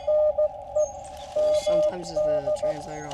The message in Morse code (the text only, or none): NE MD